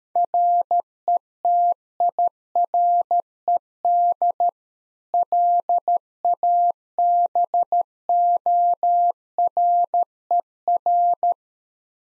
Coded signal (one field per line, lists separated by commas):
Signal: Morse code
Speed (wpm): 13 wpm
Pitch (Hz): 700 Hz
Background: none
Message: RETIRED LABORER